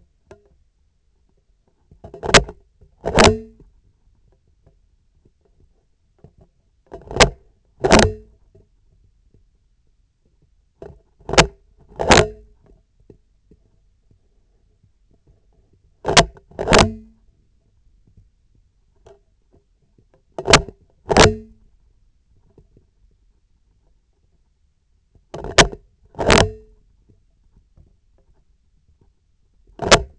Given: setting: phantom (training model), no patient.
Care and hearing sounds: laparoscopic instrument, vibration sensor on the handle end; scissors; opening and closing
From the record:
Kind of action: tool actuation without material contact

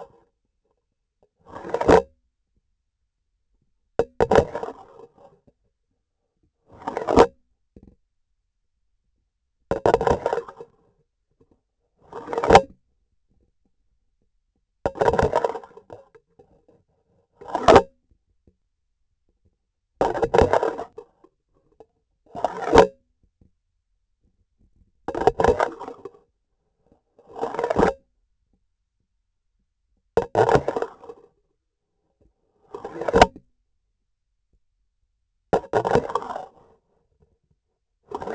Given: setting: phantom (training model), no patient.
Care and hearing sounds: laparoscopic instrument, vibration sensor on the handle end; grasping forceps; insertion and removal through the trocar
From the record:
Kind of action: spatial motion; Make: Olympus

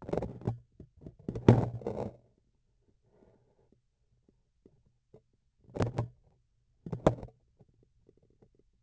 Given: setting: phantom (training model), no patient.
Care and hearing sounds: laparoscopic instrument, vibration sensor on the handle end; grasping forceps; opening and closing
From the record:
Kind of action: tool actuation without material contact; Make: other than Olympus

